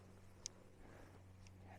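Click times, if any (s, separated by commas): 0.5 s, 1.5 s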